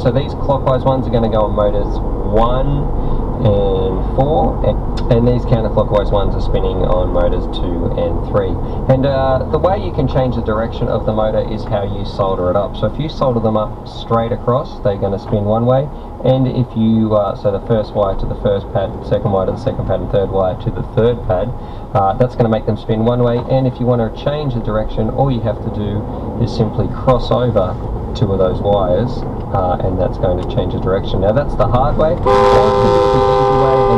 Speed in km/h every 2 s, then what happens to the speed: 45, 48, 47, 44, 39, 31, 16, 8, 8, 16, 11, 2, 16, 24, 32, 35, 19.
0-5 steady at about 47. 5-14 brakes to 8. 14-19 speeds up to 16. 19-21 brakes to 2. 22-29 pulls away to 35. 30-34 brakes to 19.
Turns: 26-34.